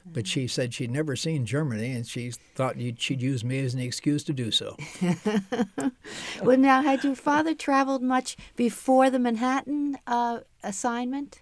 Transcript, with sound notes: But she said she'd never seen Germany and she thought she'd use me as an excuse to do so.
[laughs] Well, now, had your father traveled much before the Manhattan assignment?